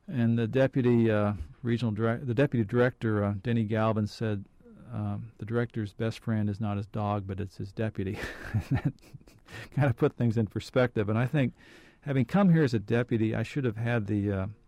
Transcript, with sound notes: And the deputy regional director- the deputy director Denny Galvin said the directors best friend is not his dog but it's his deputy. (Laughs) That kind of put things in perspective and I think having come here as a deputy, I should have had the